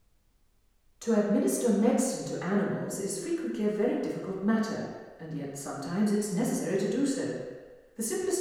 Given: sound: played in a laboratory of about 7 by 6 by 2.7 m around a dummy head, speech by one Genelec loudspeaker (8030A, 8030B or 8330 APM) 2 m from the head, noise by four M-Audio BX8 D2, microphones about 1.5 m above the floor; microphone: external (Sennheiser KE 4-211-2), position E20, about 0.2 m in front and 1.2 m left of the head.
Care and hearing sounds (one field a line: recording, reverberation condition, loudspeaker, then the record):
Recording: female speech in English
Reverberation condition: high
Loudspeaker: in front (0 degrees)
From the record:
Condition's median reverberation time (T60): about 1300 ms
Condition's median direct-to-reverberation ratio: about -4.0 dB